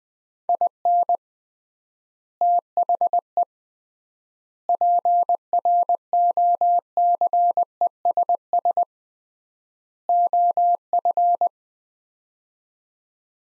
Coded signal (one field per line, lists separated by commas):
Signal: Morse code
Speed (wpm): 20 wpm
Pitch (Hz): 700 Hz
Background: none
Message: IN THE PROCESS OF